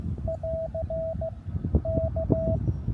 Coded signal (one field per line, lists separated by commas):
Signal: Morse code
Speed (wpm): 15 wpm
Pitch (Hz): 650 Hz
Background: none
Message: <AR> K